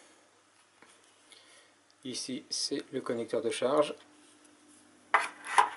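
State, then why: Seated. A rechargeable Xiaomi shaver with three rotary heads has its charging connector clipped onto its charging base. Someone talks from about 2.0 to 3.9 s, and then a single loud, sharp click at 5.2 s marks the connector seating on the base, followed by a brief scrape.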